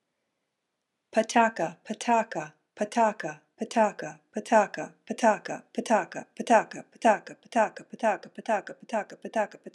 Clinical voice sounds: repeated syllables /pa ta ka/; female; 30 to 39 years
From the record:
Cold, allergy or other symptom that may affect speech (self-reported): no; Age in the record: 36 years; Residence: California, United States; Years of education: 20

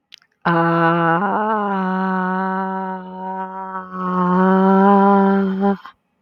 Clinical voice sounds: vowel held as long as possible; male; 20 to 29 years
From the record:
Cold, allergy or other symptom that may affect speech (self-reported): no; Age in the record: 25 years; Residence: Georgia, United States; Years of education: 21

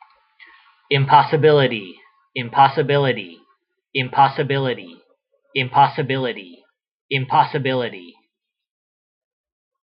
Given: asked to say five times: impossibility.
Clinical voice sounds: repeated word; male; 40 to 49 years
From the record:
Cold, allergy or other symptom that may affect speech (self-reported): no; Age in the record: 42 years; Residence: Washington, United States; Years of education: 16

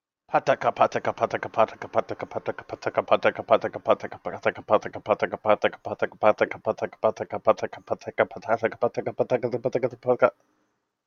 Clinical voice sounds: repeated syllables /pa ta ka/; male; 20 to 29 years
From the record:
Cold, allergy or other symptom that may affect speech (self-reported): no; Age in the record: 28 years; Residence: Massachusetts, United States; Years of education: 12

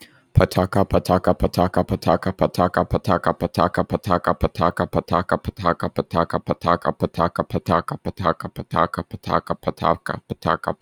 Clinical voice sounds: repeated syllables /pa ta ka/; male; 30 to 39 years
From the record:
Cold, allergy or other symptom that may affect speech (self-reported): no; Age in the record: 33 years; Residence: Georgia, United States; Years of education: 16

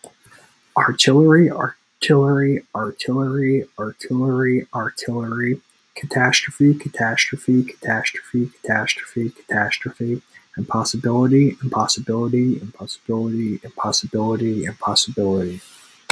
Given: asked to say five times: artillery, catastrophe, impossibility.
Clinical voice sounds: three words, each repeated; male; 20 to 29 years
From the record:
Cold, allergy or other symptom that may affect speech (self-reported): no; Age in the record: 27 years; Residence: Rhode Island, United States

